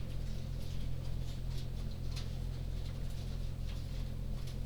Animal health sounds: poultry house recording; no chicken sound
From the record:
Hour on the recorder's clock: 22

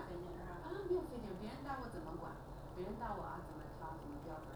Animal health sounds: poultry house recording; no chicken sound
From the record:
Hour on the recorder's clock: 9

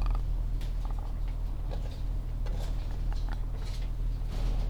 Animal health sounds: poultry house recording; sick chickens (respiratory disease)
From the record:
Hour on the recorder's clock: 14

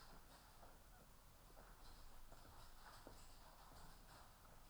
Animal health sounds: poultry house recording; healthy chickens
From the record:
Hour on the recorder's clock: 12

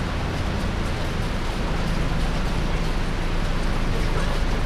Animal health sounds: poultry house recording; healthy chickens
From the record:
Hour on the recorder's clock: 18

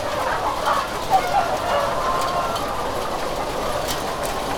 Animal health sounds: poultry house recording; healthy chickens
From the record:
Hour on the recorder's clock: 17

